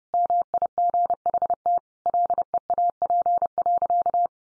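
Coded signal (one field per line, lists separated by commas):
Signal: Morse code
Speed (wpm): 30 wpm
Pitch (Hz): 700 Hz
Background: none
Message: MIGHT LEAP.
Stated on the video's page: Morse head-copy practice at 30 wpm, sentences sent in Morse.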